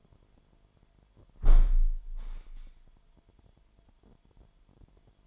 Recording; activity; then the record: daily activity, microphone in the room; close window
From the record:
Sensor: 5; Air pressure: 998.2 hPa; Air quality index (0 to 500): 90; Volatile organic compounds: 2 ppm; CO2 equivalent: 1030 ppm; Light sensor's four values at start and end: 21/51/21/23 and 21/51/21/23